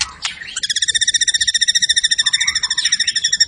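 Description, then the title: White-rumped shama song opening with a few sharp notes, then a long, even, rapid trill of bright high notes with a softer, lower chatter running beneath. Lure recording of a highly active, vocal shama delivering its full repertoire, used to stir up other birds. "PANCINGAN MURAI BATU. MURAI GACOR SUPER EDAN SEMUA MATERI DI KELUARIN COCOK BUAT DONGKRAK EMOSI. SHAMA BIRD"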